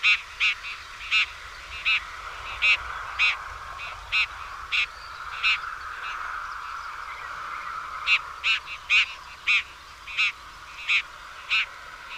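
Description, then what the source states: Bird calls: short, ringing harmonic notes, repeated in spaced bursts, over a steady background hiss, with a pause in the middle before the calls resume. Chirping bird song meant for training pet birds.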